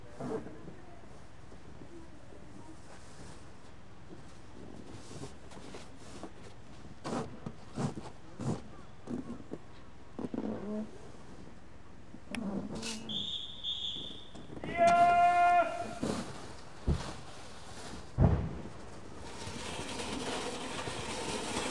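Snow being cleared in irregular scrapes and soft thuds, a brief squealing tone near fifteen seconds, then a steady hiss toward the end.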